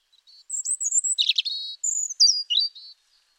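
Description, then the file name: European robin phrase of very high sweet notes, a brief scratchy burst, then more thin whistles falling in pitch toward the end. "Erithacus rubecula"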